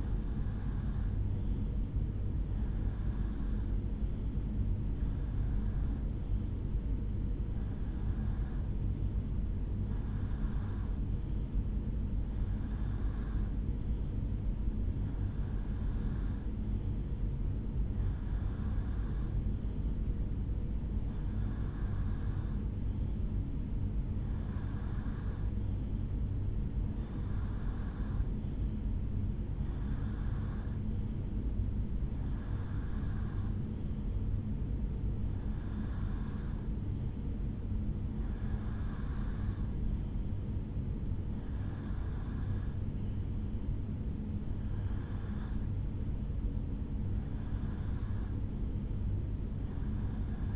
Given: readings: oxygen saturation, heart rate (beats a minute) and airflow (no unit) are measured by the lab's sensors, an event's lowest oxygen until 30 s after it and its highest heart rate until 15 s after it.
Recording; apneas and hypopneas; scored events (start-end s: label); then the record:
breathing in sleep by a smartphone at the bedside; none
none scored
From the record:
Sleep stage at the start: REM sleep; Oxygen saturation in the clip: 86 to 90%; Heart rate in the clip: 65 to 72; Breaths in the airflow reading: 18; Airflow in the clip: -2.9 to 2.0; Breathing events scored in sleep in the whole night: 449 in 7.0 hours asleep